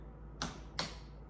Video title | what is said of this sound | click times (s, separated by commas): SHIMANO XTR M9100 PEDALS - FIRST LOOK | That was the click. | 0.4 s, 0.8 s